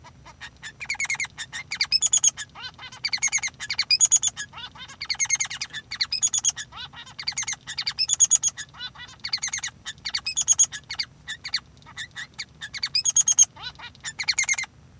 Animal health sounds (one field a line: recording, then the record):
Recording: song of a male Bengalese finch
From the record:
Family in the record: son of father 3